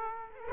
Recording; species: mosquito wingbeat signal from an infrared sensor; Culex quinquefasciatus